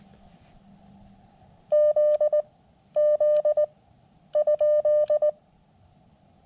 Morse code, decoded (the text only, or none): Z Z ?